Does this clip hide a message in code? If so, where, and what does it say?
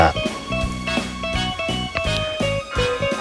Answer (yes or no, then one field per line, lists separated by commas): no